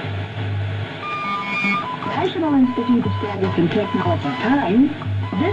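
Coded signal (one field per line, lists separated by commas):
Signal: radio time signal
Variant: WWVH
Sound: spoken voice over a low pulsing hum, brief steady tones, shortwave fading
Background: radio static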